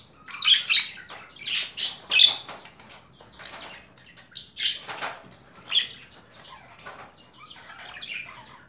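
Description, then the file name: Budgerigar calls, scattered squawks and sharp chirps with quiet gaps between them. Female budgerigar; mixed sounds. "Karisik Sesler Disi Muhabbet Kusu Sesi"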